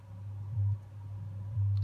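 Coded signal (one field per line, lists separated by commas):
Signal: radio time signal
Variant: WWV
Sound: low 100 Hz hum swelling louder briefly twice, about a second apart, faint tick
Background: radio static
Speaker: you can hear the tick sound and that light should follow the tick sound that indicator. So, it's reading the coded information, binary coded decimal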